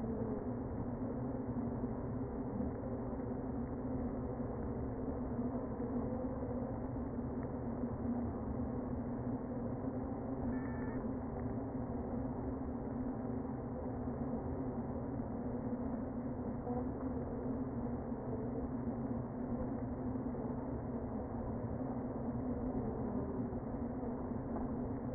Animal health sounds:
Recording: honeybee colony, microphone inside the hive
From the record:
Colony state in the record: queen present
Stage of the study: before two queens were removed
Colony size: about 60,000 bees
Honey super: yes

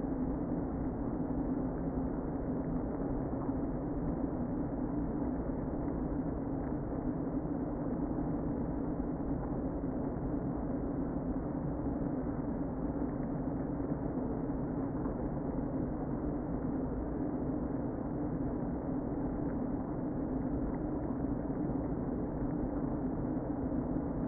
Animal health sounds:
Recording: honeybee colony, microphone inside the hive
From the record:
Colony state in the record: queen present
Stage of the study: before two queens were removed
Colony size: about 60,000 bees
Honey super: yes

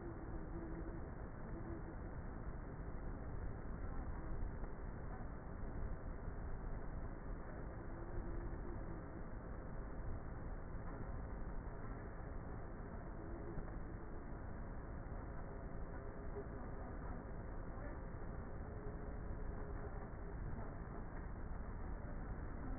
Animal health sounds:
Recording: honeybee colony, microphone inside the hive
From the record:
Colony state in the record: queenless with a low population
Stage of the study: before two queens were removed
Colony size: about 30,000 bees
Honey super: no

